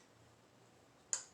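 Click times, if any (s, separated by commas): 1.1 s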